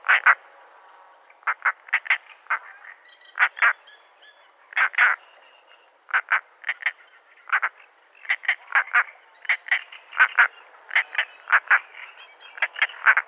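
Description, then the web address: European roller harsh croaking calls, short rasping notes in quick pairs and triplets, repeated steadily throughout with brief pauses between bursts. A pair flying. "Schulze Peter European Roller pair flying"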